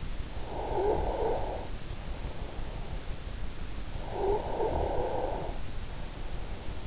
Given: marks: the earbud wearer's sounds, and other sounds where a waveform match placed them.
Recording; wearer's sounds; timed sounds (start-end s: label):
sounds in sleep by an in-ear microphone; snoring breath
0.20-1.86 s: snoring breath
3.80-5.51 s: snoring breath